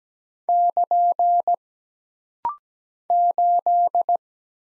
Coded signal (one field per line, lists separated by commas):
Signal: Morse code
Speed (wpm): 17 wpm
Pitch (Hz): 700 Hz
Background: none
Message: <KN> 8